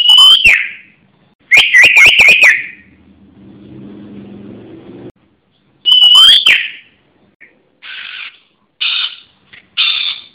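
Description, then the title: Java sparrow song: clusters of sharp high chirps broken by a low engine hum, then more chirps and short clipped notes. "kicau gelatik"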